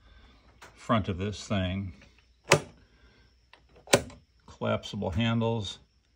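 A collapsible carry handle on the front panel of a VATRER 51.2V 100Ah LiFePO4 server rack solar battery is being handled while someone talks. Brief sharp knocks sound at about 2.5 s and 3.9 s between the speech. The handle has not snapped into place yet, and nothing has seated by the end.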